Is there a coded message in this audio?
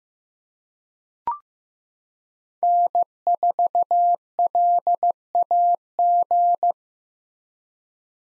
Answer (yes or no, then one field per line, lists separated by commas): yes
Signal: Morse code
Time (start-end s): 2.6-6.7 s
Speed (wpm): 16 wpm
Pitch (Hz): 700 Hz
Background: none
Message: N4LAG